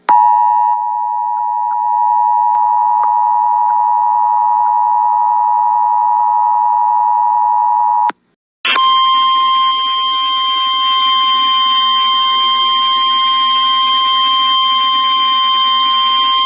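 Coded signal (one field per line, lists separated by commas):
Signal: Emergency Alert System (SAME) tones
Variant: 853 and 960 Hz attention tone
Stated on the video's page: Real Tornado Warning for the St. Louis metro area, aired on local TV, radio and NOAA Weather Radio KXI 49.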